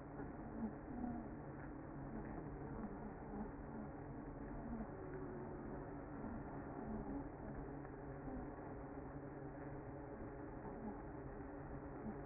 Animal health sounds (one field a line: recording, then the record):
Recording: honeybee colony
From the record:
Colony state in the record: active